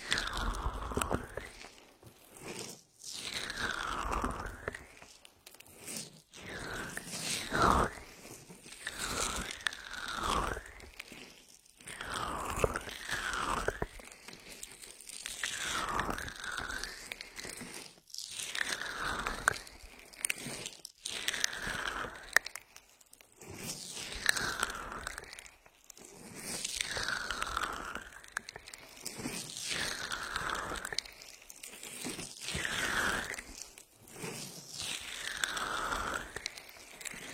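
Aloe gel is massaged over both ears at very close range, giving sticky, squelching, crackly rubbing strokes. The strokes come in repeated sweeping waves every second or so, broken by brief silent pauses.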